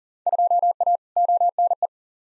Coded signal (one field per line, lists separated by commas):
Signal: Morse code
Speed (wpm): 39 wpm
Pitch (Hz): 700 Hz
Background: none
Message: 2A ONE